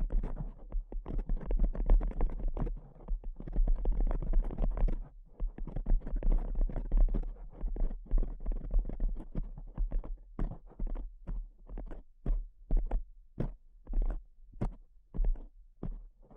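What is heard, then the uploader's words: Fingertip tapping, fast and dense for the first ten seconds, with rapid overlapping taps and only a brief pause near five seconds. After that it slows into separate, evenly spaced taps, each a short, sharp knock. A steady low hum runs underneath throughout. ASMR Pure Tapping Fast and Slow (No Talking).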